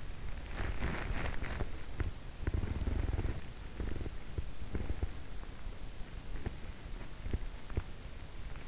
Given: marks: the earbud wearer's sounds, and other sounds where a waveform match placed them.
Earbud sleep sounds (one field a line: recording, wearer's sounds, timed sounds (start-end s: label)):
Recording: sounds in sleep by an in-ear microphone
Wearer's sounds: body movement, teeth grinding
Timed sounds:
0.00-2.21 s: body movement
2.21-5.53 s: teeth grinding